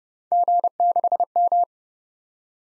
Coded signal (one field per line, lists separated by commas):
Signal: Morse code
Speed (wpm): 30 wpm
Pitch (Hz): 700 Hz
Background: none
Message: G6M